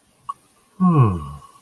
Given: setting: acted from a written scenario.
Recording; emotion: vocal sound without words; romantic love